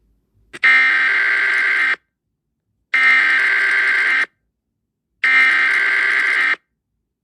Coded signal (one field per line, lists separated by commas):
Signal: Emergency Alert System (SAME) tones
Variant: header bursts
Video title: EAS Mock 2: Hurricane Delta/Zeta Warning for Mushroom Kingdom, Yoshi, Toad, Idelphino, Bikini Bottom